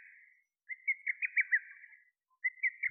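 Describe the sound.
Lesser cuckoo call: a quick staccato phrase of about six loud whistled notes, with the phrase starting again just before the end, over a quiet background.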